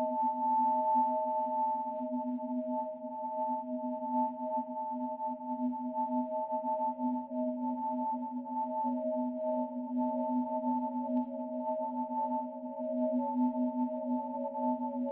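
Digitally processed sound of Niagara Falls, heard here as a steady, ringing drone of several held tones, one low and two higher, like a singing bowl. The tones waver and pulse slightly throughout, with a faint fizzing grain flickering above them.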